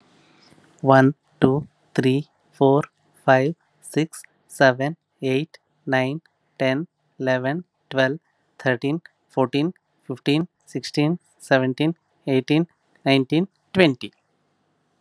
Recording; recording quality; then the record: counting at a normal pace; excellent, no background noise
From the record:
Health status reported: healthy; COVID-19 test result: not tested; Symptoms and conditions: none ticked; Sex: male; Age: 42 years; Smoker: not ticked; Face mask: not worn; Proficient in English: yes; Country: India